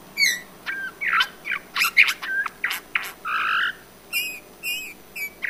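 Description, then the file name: Eurasian bullfinch calls: quick mix of piping whistles, scratchy clicks and a drawn-out buzzy note, then several high whistled notes. "Pyrrhula pyrrhula"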